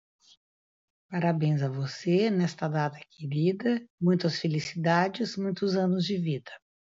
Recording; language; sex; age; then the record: short text; Brazilian Portuguese; female; 50 to 59 years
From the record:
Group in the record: control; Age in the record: 59 years